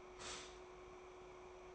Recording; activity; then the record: daily activity, microphone in the room; stop toaster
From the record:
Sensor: 1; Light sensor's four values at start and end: 4/9/3/3 and 4/9/3/3